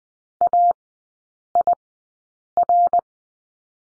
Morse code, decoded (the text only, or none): AIR